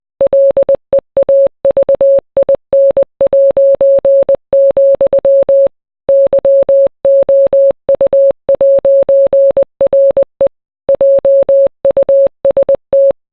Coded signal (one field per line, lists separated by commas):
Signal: Morse code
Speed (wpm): 20 wpm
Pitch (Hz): 550 Hz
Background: none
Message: LEAVIN', YOU'RE JUST